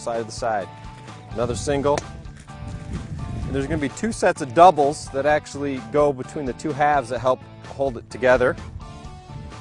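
A double plastic lock clip is being handled before it is pushed in between the two halves of a pole protector to help hold them together. Someone talks throughout over faint background music, with no distinct snap heard. Nothing has seated or clicked yet.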